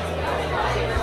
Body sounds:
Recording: background sound without coughing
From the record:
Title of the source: CITY SOUNDS Busy Bar in the Evening Night - 2 HOURS of Ambiance for Relaxation

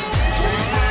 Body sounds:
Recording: coughing mixed with background sound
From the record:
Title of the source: female coughing - coughing sound effects girl

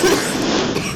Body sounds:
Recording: coughing mixed with background sound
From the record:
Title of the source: 31 night wet cough

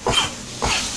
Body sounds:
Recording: coughing mixed with background sound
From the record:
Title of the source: Spring Cold Coughing 2

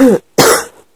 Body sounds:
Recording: coughing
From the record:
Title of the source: 30 Chesty and wet cough

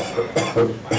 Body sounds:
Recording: coughing mixed with background sound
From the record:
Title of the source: Cough Around the Clock!

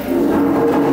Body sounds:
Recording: background sound without coughing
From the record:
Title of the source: 40 min - Ambience sounds UNIVERSITY lunchroom chatting

